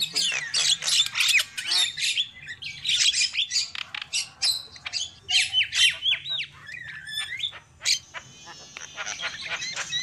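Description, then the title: Shrill lovebird squawks and chattering pour out in busy bursts, with piercing high notes and brief pauses. A thin steady tone sounds near the end. Lure call used for trapping lovebirds. "PIKAT BURUNG LOVEBIRD"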